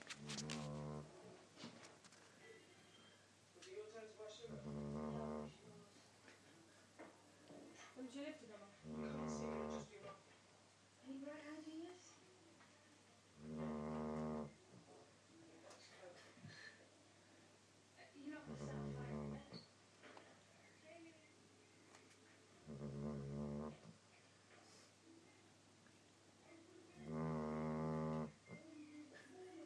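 Seven low, buzzing, tonal snores come at a steady pace of about 13 a minute, each lasting roughly a second, with quiet breathing and faint room noise between them. This is a sleeping Labrador dog snoring.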